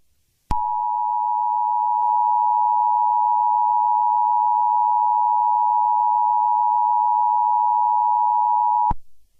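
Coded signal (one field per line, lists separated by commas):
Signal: Emergency Alert System (SAME) tones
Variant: 853 and 960 Hz attention tone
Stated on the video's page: Valid Emergency Alert System tones in an animated film.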